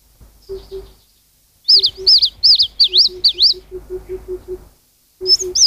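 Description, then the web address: Eastern crowned warbler singing a phrase of several high, swooping slurred notes, with low, soft repeated hoots from another bird beneath, then the start of another phrase. "sikioto. sendaimushikui"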